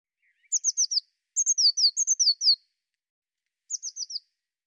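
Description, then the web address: Bird calling in quick runs of high, thin, downward-sliding notes, about four per burst, with a longer busy run in the middle and a brief lower note at the start. "cianscape birddata Deverinetal 2025 File cleaned normalized Bird Cy Ca"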